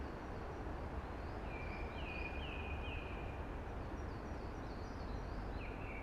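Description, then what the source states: Blackbird singing a few fluty whistled phrases in quick succession, then pausing before another begins, against a constant low roar and hushing background noise. Sings early, amongst hushing conifers.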